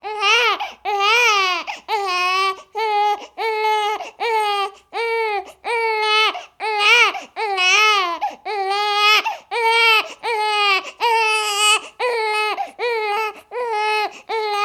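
Sustained crying of a baby: repeated high-pitched cry bursts, roughly 17 in under 15 seconds, each rising and falling in pitch, with short catch-breaths between them. No wheeze or hoarseness is heard.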